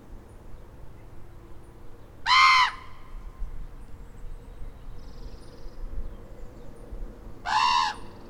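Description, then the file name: Common raven calls, two loud hoarse croaks roughly five seconds apart over steady low rumble, with faint high ticks in the background. "Common Raven - Corvus corax"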